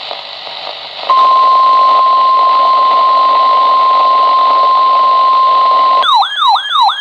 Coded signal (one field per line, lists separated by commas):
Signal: Emergency Alert System (SAME) tones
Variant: 1050 Hz attention tone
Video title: EAS #300!!!!! | BMX Required Weekly Test | [EAS #300] | 6/3/26